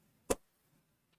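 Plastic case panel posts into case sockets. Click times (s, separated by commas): 0.3 s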